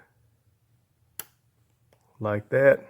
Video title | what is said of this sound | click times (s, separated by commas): How To Install A Hemi Intake Manifold Part 1 | push down on it till you hear it click like | 1.2 s